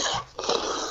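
A harsh, noisy cough in two quick bursts from a sick adult, heard over a thin, compressed Skype call line.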